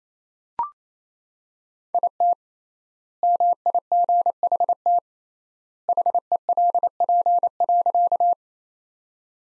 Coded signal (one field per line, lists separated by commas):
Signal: Morse code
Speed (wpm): 28 wpm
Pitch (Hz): 700 Hz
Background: none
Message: IT MIGHT HELP.